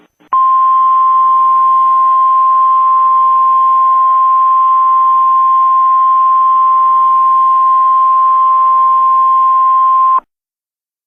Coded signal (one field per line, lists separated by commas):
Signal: Emergency Alert System (SAME) tones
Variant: 1050 Hz attention tone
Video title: Emergency Alert System: Extreme Hostage Situation